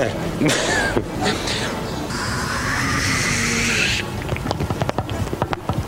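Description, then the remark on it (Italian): A voice imitates a bidet: a steady, breathy hissing spray held for about two seconds with a slowly rising whistle inside it, framed by short mouth clicks and puffs. “Il primo rumore è stato il bidet.”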